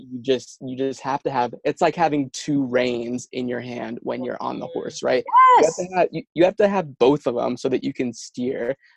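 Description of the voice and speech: Fluent-sounding adult male speech with repeated words and phrases, such as "you just, you just", consistent with mild stuttering in a speech-language pathologist who stutters.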